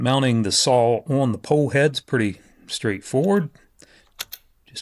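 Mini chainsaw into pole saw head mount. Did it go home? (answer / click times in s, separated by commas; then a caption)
yes / 4.2 s. A Velotrex 2-in-1 pole saw's mini chainsaw body is pushed onto the head of the extension pole while someone talks. A sharp, loud click at 4.2 s marks the saw latching and seating on the pole head.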